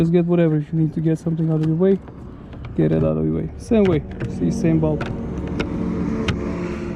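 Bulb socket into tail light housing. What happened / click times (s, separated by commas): The bulb socket clicked into its housing / 6.3 s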